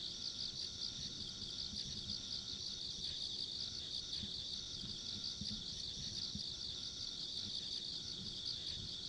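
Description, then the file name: Insects form a constant shrill chorus with a pulsing, throbbing high buzz and a thin whine above it, over a low rumble. Ambient insect sounds along a rural country road. "田舎道の虫の環境音"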